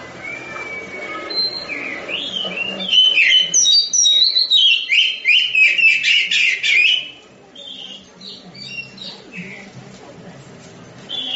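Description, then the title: Oriental magpie-robin song, a long slurred whistle, then a dense loud run of quick chattering phrases, ending in quieter spaced high notes. Champion songbird. "Kicau Burung Kacer Juara"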